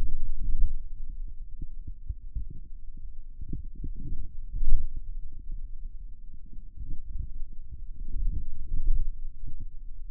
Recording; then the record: forearm muscle sounds (acoustic myography)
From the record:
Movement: radial deviation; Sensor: system 2, bracelet of six BSWA MPA416 microphones around the upper forearm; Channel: 4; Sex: male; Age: 22 years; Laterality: right